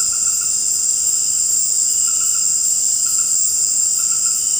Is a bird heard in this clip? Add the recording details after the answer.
no. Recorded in dense forest near Puerto Asís, Putumayo, Colombia, on 19 March 2025 at 18:30. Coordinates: 0.500, -76.322. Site GP06